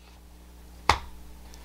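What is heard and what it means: A folding swing-blade knife is pushed into its plastic-lined cordura belt sheath. A single sharp retention click sounds at 0.9 s over a quiet background, and the knife is seated in the sheath.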